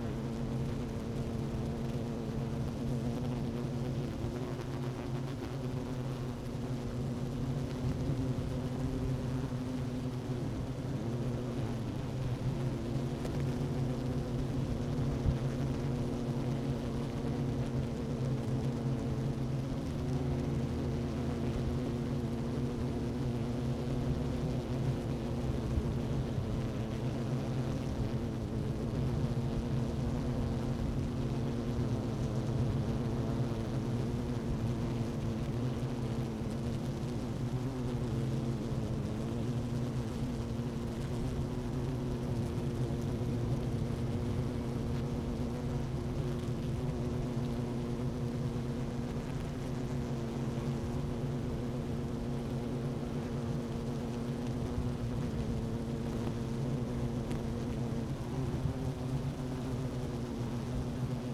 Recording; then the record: honeybee colony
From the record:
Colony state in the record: active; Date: 12 June 2018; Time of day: 11:43